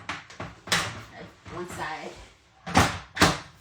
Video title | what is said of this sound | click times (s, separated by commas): My Vintage Hair Dryer Collection | seal it and it would snap in place | 0.1 s, 0.7 s